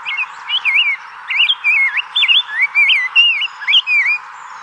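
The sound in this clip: Rose-breasted grosbeak song: a run of sweet, slurred whistled notes rising and falling, delivered in quick warbled phrases with brief pauses between them.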